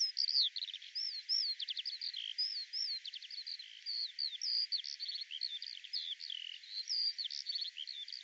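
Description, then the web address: Eurasian skylark singing a continuous rapid warble of looping whistles and buzzy trill bursts, bright and high, running nonstop. "cianscape birddata Deverinetal 2025 Bird Al Ar"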